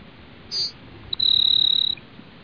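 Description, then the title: Grassland Sparrow: one brief high note followed by a long, flat, insect-like buzzy trill, over a quiet hiss. "LuckyPassaro Completos2Sama. Grassland Sparrow (Ammodramus humeralis)"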